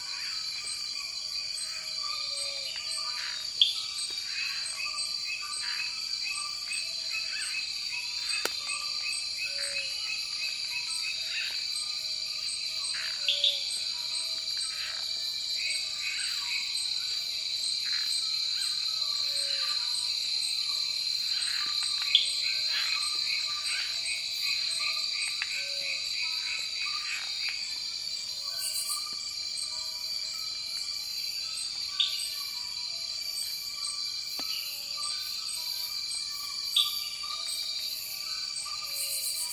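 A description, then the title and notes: A Borneo night: dense, steady high insect and cricket trilling fills the air, with scattered chirps and occasional faint clicks throughout. Sound Devices Mixpre 6 II Demo - Borneo night soundscape. Downloadable recording made with Sound Devices Mixpre 6 ii and Sennheiser MKH8040/MKH30 DMS rig. Decoded from DMS to Stereo. No other processing has been done.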